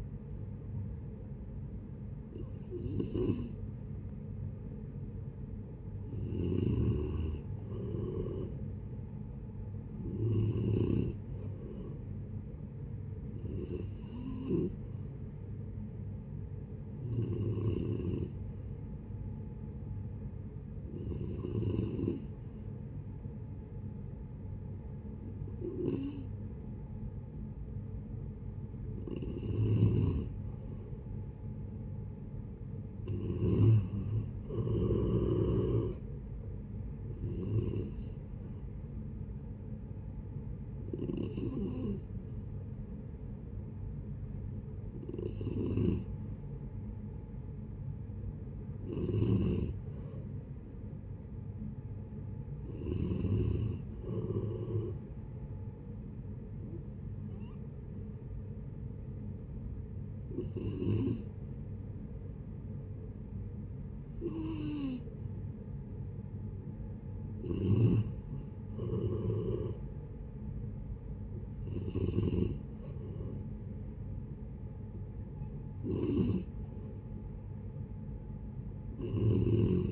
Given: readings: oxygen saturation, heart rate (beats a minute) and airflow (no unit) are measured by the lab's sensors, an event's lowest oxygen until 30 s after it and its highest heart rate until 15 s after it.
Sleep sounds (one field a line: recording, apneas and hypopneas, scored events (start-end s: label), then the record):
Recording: breathing in sleep by a smartphone at the bedside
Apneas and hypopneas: 2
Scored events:
20.00-33.10 s: hypopnea (N2, oxygen 93% highest, then 90% lowest, heart rate 74 at the start, 76 highest)
38.00-79.92 s: new sleep stage, N3 (deep sleep)
57.00-70.10 s: hypopnea (N3, oxygen 92% highest, then 89% lowest, heart rate 77 at the start, 78 highest)
From the record:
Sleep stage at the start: N2 (light sleep)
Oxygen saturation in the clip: 89 to 94%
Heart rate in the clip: 68 to 78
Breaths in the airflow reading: 20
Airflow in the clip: -8.4 to 12.8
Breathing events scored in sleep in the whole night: 496 in 5.4 hours asleep